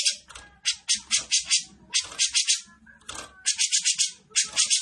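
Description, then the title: Grey-cheeked Bulbul with choppy, harsh rattling trill bursts, repeated with short gaps, over faint low background knocks. Cucak jenggot singing actively (gacor) in besetan style, with a clear voice. "Cucak Jenggot Besetan Gacor. Cucak Jenggot Besetan Dengan Suara Jernih"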